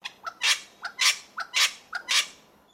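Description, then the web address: Wattlebird calls: four harsh, raspy double notes, a short lower note followed by a loud noisy bark, repeated about every half second. "Sound Effects-Foundation 1 BIRD WATTLE BIRD CALL"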